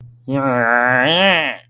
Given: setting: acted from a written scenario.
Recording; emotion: vocal sound without words; disgust